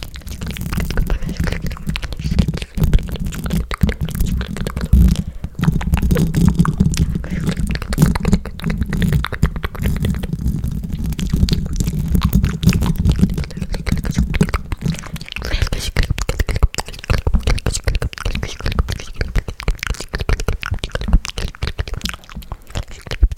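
Many mouth sounds: a dense run of wet clicks, smacks and crackles fills the clip, with a low gurgling hum under the first fifteen seconds. After that the low part drops away and the sharp, irregular clicks continue on their own, a little sparser toward the end.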